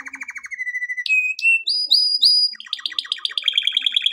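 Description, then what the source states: Canary song: a pulsed low trill sliding into a steady whistle, a few sharp rising notes, then quick choppy high trills. Canary song meant for training canaries.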